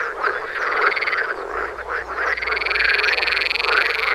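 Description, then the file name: Frog chorus: loud, dense overlapping croaks and trills, with a steady high ringing trill running through the second half. "toms frogs for wilson"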